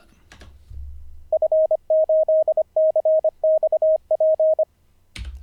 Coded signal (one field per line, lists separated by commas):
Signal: Morse code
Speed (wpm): 25 wpm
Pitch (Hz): 630 Hz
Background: none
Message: F8CXP